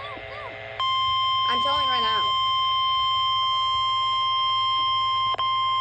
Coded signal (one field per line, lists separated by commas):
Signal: Emergency Alert System (SAME) tones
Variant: 1050 Hz attention tone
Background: speech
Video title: SVR #12 (EAS #22)